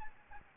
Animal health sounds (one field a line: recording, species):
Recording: mosquito wingbeat signal from an infrared sensor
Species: Aedes albopictus